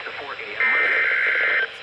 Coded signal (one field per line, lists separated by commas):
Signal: Emergency Alert System (SAME) tones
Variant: header bursts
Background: speech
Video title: EAS - WSW (MY FIRST WINTERSTORM WARNINGS) - #153-156